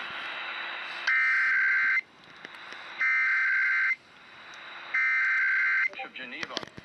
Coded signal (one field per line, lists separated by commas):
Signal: Emergency Alert System (SAME) tones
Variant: header bursts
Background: speech